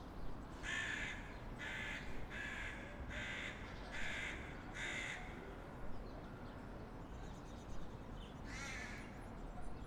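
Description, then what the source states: Crow giving a series of six harsh caws, then a final caw after a pause, over low steady traffic rumble. Crows in a street with cars, in a quiet setting.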